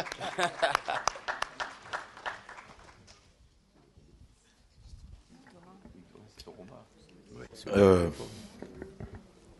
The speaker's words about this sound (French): On va applaudir peut-être.